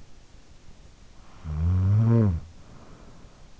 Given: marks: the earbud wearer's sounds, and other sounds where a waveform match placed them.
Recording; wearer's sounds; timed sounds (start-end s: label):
sounds in sleep by an in-ear microphone; snoring breath
0.83-3.57 s: snoring breath